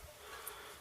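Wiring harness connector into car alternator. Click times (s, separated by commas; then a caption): 0.5 s. While reinstalling the alternator on a 2006 Pilot, the wiring harness connector plug is pushed onto the alternator over a steady low background hiss. A single short, sharp snap sounds at 0.5 s as the connector seats in place. Afterward, the rubber boot is slid back over it.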